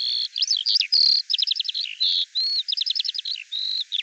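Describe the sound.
Bird song, a short burst of looping whistles, quick falling chirp series and steady piping notes, separated by brief silences.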